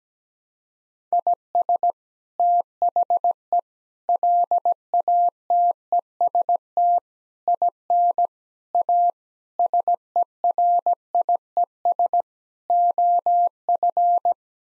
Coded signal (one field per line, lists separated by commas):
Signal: Morse code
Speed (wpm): 17 wpm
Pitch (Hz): 700 Hz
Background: none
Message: IS THE LATEST IN A SERIES OF